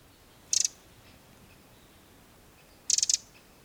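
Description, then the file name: Eurasian wren calling with two brief, hard clicking bursts of three to five rapid ticks, spaced over two seconds apart, with quiet in between. "Troglodytes troglodytes"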